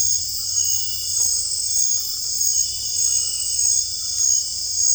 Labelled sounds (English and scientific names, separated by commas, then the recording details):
none
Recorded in secondary vegetation near Puerto Asís, Putumayo, Colombia, on 18 December 2024 at 20:00
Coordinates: 0.481, -76.318
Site G042